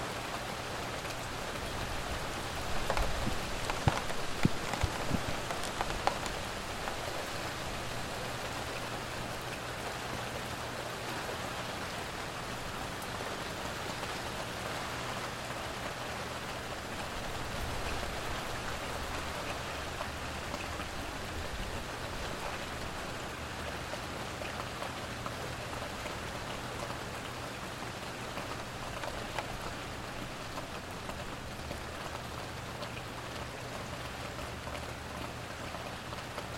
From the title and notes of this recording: A stereo recording of an early summer rainstorm in Mount Vernon, NY.